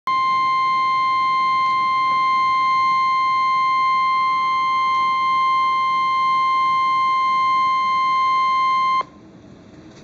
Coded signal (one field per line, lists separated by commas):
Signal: Emergency Alert System (SAME) tones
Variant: 1050 Hz attention tone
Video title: Real NOAA Weather Radio EAS Alert #232